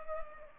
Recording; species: mosquito wingbeat signal from an infrared sensor; Culex pipiens